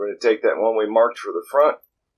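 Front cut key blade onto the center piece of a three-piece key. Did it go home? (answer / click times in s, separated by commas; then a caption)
no / none. Someone talks while handling the cut front test key blade, marked for the front, that is being pressed onto the metal center piece with half-shear dimples of a three-piece Honda car key. The clip ends before the blade goes home, and nothing has seated or clicked yet.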